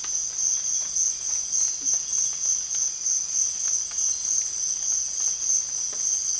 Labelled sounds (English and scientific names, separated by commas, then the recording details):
none
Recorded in dense forest near Puerto Asís, Putumayo, Colombia, on 20 December 2024 at 05:00
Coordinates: 0.481, -76.323
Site G100